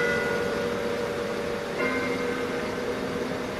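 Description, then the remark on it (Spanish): Church bells in the Vatican ring in a steady, sustained peal at 7:35 in the morning, the hour Pope Francis died, their overlapping tones humming over a constant wash of background noise, with a fresh strike shifting the pitch partway through. “A las 7:35, decía Farrell, ha retornato Francisco a la casa del Padre, y justamente a esa hora sonaban las campanas en el Vaticano.”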